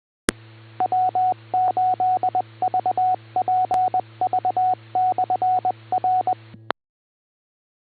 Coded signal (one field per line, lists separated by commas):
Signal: Morse code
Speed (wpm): 20 wpm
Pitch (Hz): 740 Hz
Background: radio noise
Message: W8VPV/R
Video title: Cuyahoga Falls Amateur Radio Club - W8VPV - 2m/440 net 147.27+, 444.85+ 110.9 pl 8:00 PM, 9-29-25